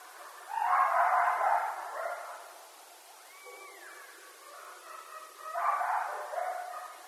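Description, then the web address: Coyote howling in two rough, noisy bursts separated by a quieter stretch holding a faint rising-and-falling wail. Several coyotes, recorded 1 October 2012. "Coyote 2012 10 01 Coyotes"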